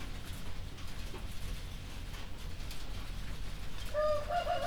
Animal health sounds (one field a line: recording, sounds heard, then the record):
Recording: poultry house recording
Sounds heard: healthy chickens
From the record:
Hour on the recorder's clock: 1